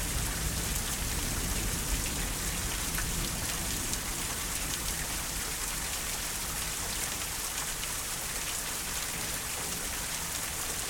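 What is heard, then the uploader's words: Heavy rain pours steadily during a thunderstorm, heard from a front porch. The dense, even hiss of drops on surfaces holds at the same level throughout, with a faint low hum running underneath. A thunderstorm from our front porch, a little before four in the morning. I set up the array in our living room before I went to bed. This is my first meaningful attempt at an ORTF configuration for this project and this storm did not disappoint. Recorded on my Zoom F6 at 96k in 32bit via a matched pair of Lewitt 140 Air microphones.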